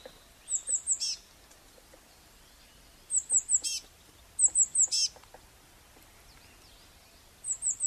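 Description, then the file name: Eurasian blue tit giving quick runs of high, thin notes, most ending in a brief harsh burst, in four unevenly spaced phrases. "Cyanistes caeruleus"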